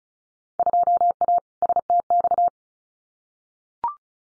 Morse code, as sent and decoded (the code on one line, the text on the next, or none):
..--- .- / ... - -..-
2A STX